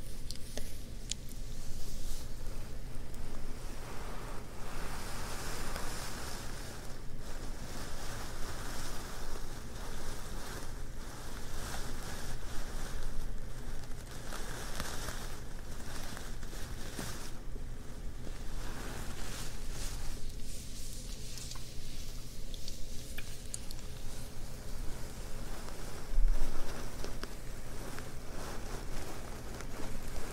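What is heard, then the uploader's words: Continuous fabric scratching and rubbing, dense and steady with quick rhythmic strokes over a faint low hum. ASMR Ear Massages + Fabric Scratching on 3DIO.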